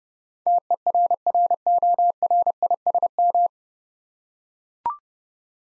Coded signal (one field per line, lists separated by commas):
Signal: Morse code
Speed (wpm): 29 wpm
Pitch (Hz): 700 Hz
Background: none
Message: TERRORISM